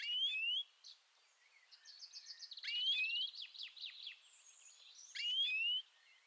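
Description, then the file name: European greenfinch song, with bright rising whistle pairs repeated about every two and a half seconds and buzzy twittered trills filling the gaps. "Chloris chloris"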